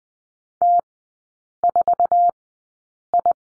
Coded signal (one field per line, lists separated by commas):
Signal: Morse code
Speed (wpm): 20 wpm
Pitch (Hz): 700 Hz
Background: none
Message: T4I